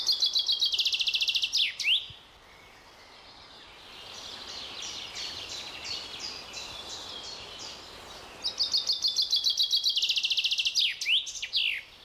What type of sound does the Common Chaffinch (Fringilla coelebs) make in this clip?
song